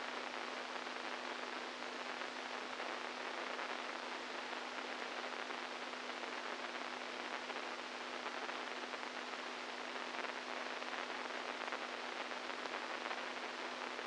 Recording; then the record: brain microelectrode recording played as sound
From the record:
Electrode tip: inside the subthalamic nucleus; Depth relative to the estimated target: -4 mm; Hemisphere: right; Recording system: NeuroSet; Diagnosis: Parkinson's disease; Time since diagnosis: 10 years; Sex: male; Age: 65 years